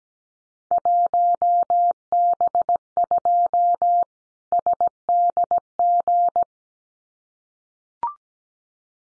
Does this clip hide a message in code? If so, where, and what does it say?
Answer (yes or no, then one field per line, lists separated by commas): yes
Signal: Morse code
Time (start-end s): 0.7-6.4 s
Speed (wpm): 17 wpm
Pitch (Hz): 700 Hz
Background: none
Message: 1B2 SDG